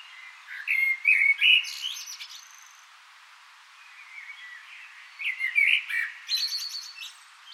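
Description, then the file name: Common blackbird delivering a warbled, flute-like phrase with a high chittering tail, then a pause and a second similar phrase. "Turdus merula"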